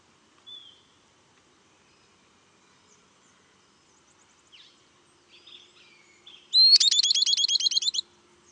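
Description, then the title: Southern beardless tyrannulet gives a brief high whistle, then a fast string of bright chips near the end, after soft scattered bird notes. "LuckyPassaro Completos2Sama. Southern Beardless Tyrannulet (Camptostoma obsoletum)"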